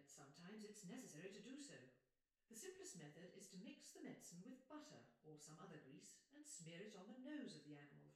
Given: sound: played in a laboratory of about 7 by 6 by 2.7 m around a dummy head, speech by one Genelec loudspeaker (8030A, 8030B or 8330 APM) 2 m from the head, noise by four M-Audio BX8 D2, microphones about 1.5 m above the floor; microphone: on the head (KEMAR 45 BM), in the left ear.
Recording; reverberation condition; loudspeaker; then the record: female speech in English; medium; 120 degrees to the right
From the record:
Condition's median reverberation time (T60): about 510 ms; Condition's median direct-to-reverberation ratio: about -0.5 dB